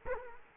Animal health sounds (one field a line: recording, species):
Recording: mosquito wingbeat signal from an infrared sensor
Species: Culex quinquefasciatus